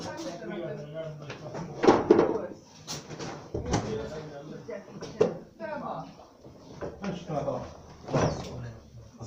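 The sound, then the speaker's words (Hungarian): A door opens and shuts with a few sharp knocks and rattles, while people keep talking over the clatter. “Az ajtó.”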